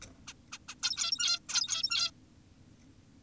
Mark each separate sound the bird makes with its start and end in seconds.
0.28-0.34, 0.52-0.58, 0.69-0.75, 0.83-1.40, 1.49-2.11